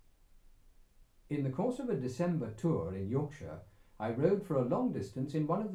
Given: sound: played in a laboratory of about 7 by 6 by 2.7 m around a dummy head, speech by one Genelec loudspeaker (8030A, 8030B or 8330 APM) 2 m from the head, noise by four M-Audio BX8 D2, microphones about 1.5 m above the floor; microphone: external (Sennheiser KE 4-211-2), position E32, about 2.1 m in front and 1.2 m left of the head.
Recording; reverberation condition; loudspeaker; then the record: male speech in English; low; in front (0 degrees)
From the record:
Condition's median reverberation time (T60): about 310 ms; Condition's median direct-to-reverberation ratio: about 3.5 dB